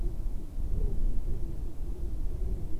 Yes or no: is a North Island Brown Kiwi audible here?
no